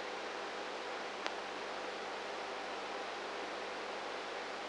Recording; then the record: brain microelectrode recording played as sound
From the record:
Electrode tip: inside the subthalamic nucleus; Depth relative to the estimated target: -3 mm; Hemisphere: right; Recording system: NeuroSet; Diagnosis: Parkinson's disease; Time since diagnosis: 19 years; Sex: female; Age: 58 years